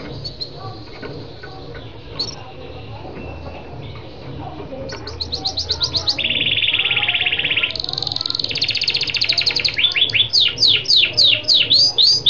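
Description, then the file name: Lancashire canary starting with soft scattered notes, then breaking into loud fast trills, a long buzzy rattle and sweeping downslurred phrases. "canto do canario lancashire"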